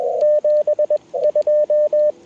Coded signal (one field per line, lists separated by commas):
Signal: Morse code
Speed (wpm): 21 wpm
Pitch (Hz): 590 Hz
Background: radio noise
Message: 72